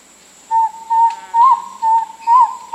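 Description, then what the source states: Spotted antpitta song: five hollow, low whistled notes in steady succession, about two per second, some slightly rising and inflected, with a faint high steady hiss behind. South America.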